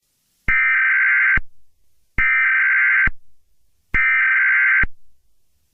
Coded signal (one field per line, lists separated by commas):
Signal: Emergency Alert System (SAME) tones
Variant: header bursts